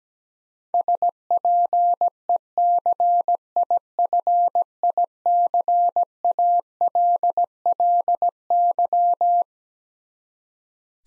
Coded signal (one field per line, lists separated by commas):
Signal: Morse code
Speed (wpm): 17 wpm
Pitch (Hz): 700 Hz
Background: none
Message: SPECIFICALLY